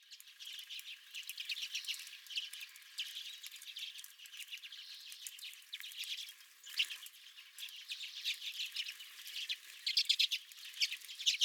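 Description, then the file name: Redpolls twittering softly and continuously, a dense mix of high chips and trills from several birds, slightly louder toward the end. Several redpolls at the recordist's feeder. "Redpolls at My Feeder"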